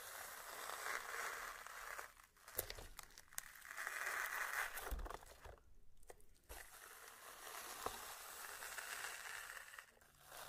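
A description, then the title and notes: Wet, sticky slime sounds crackle and squish in a dense, steady stream, bright and crinkly, with the clicking thickest in the upper range. The crackling swells and thins, dropping out briefly around two and near six seconds, while a few sharper taps punctuate it. Some various mixed sounds.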